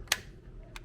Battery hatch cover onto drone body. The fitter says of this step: push this down and push it down until it clicks